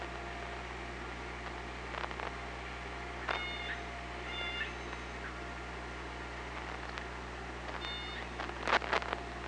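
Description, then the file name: Orca calls: several brief harmonic squeals scattered throughout, with occasional click bursts, against constant low-pitched underwater hum and hiss. Recorded by hydrophone on 24 August 2017 at 18:38. "Orca Lab"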